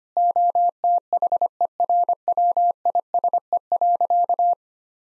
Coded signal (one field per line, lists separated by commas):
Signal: Morse code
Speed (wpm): 25 wpm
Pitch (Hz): 700 Hz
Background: none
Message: OTHERWISE.